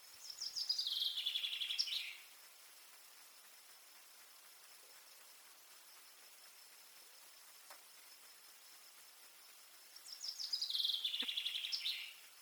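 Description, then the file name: Common chaffinch singing two separate phrases about ten seconds apart. Each is a fast trill that drops in pitch and ends with a sharp flourish, with a quiet gap between. "Fringilla coelebs"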